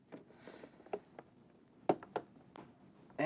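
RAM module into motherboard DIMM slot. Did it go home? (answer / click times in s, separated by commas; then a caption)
yes / 1.9 s. A second RAM stick is pushed firmly into a DIMM slot on a motherboard, and its retaining brackets lock in with a sharp click at 1.9 s, seating the module. Quieter ticks and taps come before and after, and someone talks at the end.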